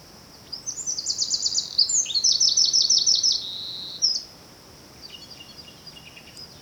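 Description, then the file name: Eurasian wren delivering a fast, high, rattling song of rapid trills for several seconds, followed by fainter high bird notes over a constant hiss. "Troglodytes troglodytes"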